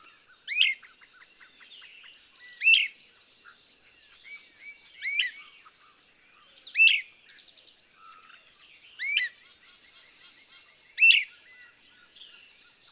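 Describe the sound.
Birdsong of several loud, sharp chirps at intervals, joined by softer twittering and warbles throughout.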